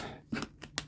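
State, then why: Released. The plastic pull cap of a Pelikano student fountain pen is worked on the barrel the way fidgeting children would, giving soft scraping and rubbing sounds near 0.3–0.4 s and a faint tick at 0.6 s. A sharp, bright click at 0.8 s marks the cap popping off the barrel, leaving it released.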